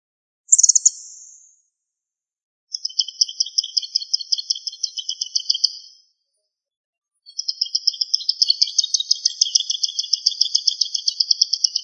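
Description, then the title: Songbird opening with a very high buzzy note, then singing two long, high, rapidly pulsed trills separated by a pause of about a second. "LuckyPassaro Completos2Sama"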